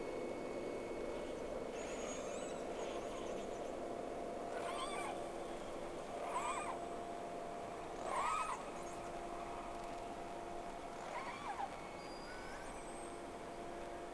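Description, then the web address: Whale calls: several arched, rising-then-falling tonal cries with harmonics, spaced a couple of seconds apart, over steady hiss and hum. Recorded 3 October 2006 with two whales present, first round of recording. "Sea Snake 10-3-06 Whales X 2 11-30 Round 1"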